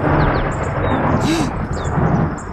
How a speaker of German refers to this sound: Da donnert es ein weiteres Mal.